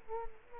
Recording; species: mosquito wingbeat signal from an infrared sensor; Culex quinquefasciatus